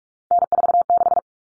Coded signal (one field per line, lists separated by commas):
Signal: Morse code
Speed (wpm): 44 wpm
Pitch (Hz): 700 Hz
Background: none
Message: N46